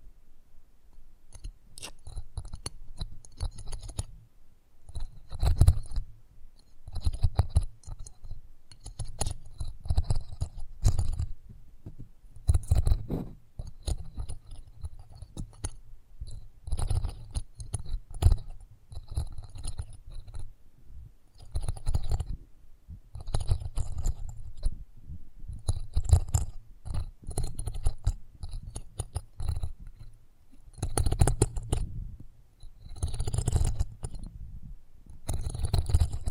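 Irregular crunchy, scratchy handling noises with frequent sharp clicks and chewing-like bursts, strongest near 6, 13, 31 and 34 seconds.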